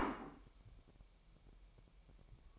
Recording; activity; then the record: daily activity, microphone in the room; place plate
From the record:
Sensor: 1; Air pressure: 1002.1 hPa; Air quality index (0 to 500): 243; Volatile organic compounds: 48 ppm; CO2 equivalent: 3269 ppm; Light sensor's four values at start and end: 8/28/10/11 and 8/28/10/11